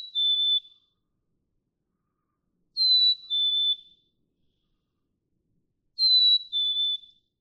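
Black-capped chickadee whistling its pure two-note fee-bee song, falling slightly on the second note, three times at steady intervals.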